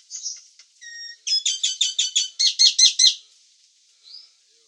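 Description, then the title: Nias hill myna gives a soft squeak and a clear whistled note, then a quick series of loud harsh chattering notes, ending with a faint note. "burung jalak nias"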